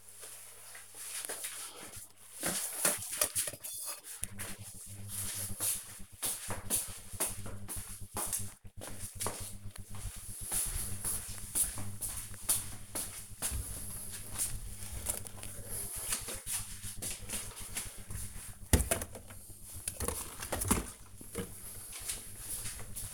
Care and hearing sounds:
household activities, microphone on the right wrist
none

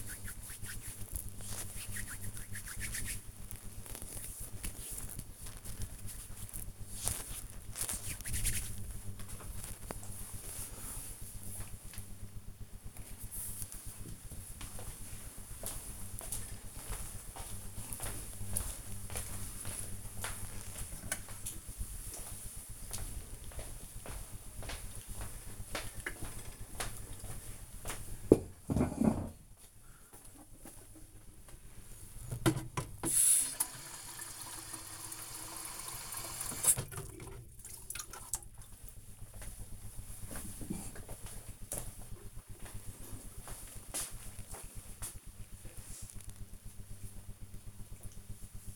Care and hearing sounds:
household activities, microphone on the right wrist
0.00-8.60 s: cream hands
29.78-48.76 s: watering plant

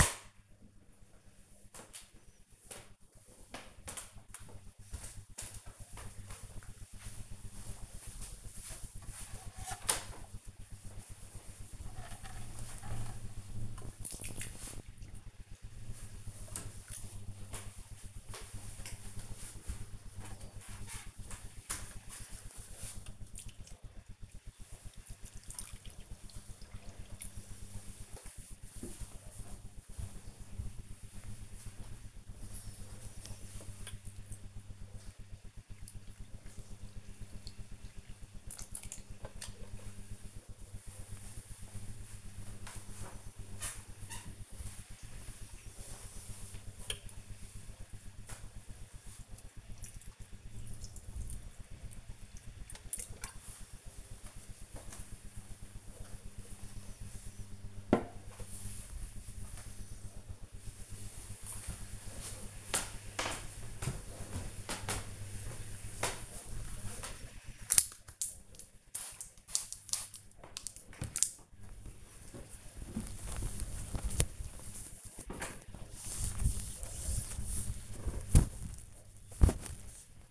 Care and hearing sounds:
household activities, microphone on the right wrist
8.92-56.22 s: watering plant
66.30-80.31 s: window cleaning

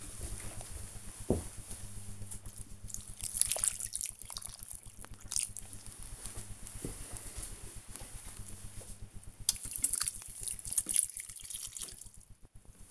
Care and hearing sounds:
household activities, microphone on the right wrist
0.00-12.91 s: watering plant

